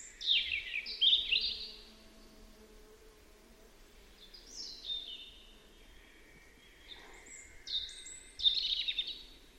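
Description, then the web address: European robin singing, two quick high jangling phrases, then a lone descending trill after a pause, and two bright tinkling bursts near the end; faint hum underneath. "Deverinetal 2025 File origin Bird Only Er Ru"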